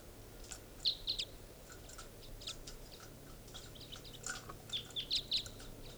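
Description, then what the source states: Crossbill calls, short sharp high chips given in small bursts, one cluster near the start and another near the end, over faint background hiss. Individual bird numbered 501, recorded near a campsite.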